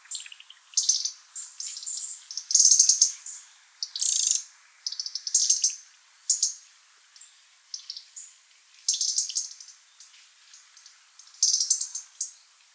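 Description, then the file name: European robin high, thin chirps and short twittering phrases, bursts repeated every second or so with brief pauses between them. "Erithacus rubecula"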